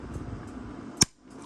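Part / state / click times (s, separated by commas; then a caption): side latch of a stacked plastic tool organizer box / seated / 1.0 s. The side latch of a plastic Dewalt Deep Pro Organizer tool box is flipped up to lock a second box stacked on top. Over a steady low background hum, one sharp click sounds at 1.0 s, followed by a brief drop to near silence. The latch clicks into place with a snug fit.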